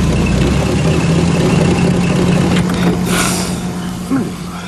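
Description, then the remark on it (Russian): A police car brakes and idles behind a stopped car, its engine giving a steady, loud low hum, a short hiss of braking rising midway before the rumble eases slightly and a brief whining tone near the end. “Сзади тормозит полицейский автомобиль.”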